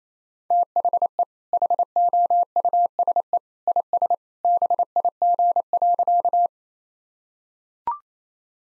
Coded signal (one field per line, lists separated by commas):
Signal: Morse code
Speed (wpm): 28 wpm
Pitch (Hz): 700 Hz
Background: none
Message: THE HOUSE IS BIG.